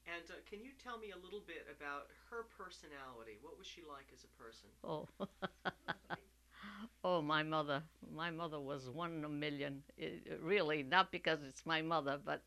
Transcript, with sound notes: And can you tell me a little bit about her personality, what was she like as a person?
Oh. ( she laughs ) Oh, my mother. My mother was one in a million, really. Not because it's my mother, but